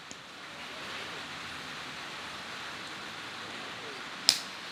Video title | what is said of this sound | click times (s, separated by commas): Remove Battery Charge Door Cover for GoPro Hero 5 / 6 / 7 | is you can hear the click and | 4.3 s